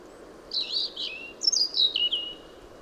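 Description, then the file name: European robin song: two high warbled phrases of thin, tinkling notes falling slightly in pitch, over steady faint hiss. "Erithacus rubecula"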